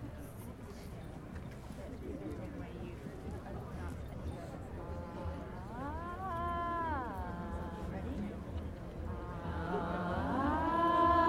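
A crowd at the Stonehenge solstice fills the clip with dense, steady chatter over a low rumble. From about five seconds a wavering voice-like tone bends up and down above the babble, then returns stronger near the end as the whole scene grows slightly louder.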